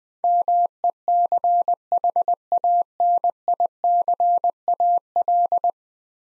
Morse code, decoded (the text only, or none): MECHANICAL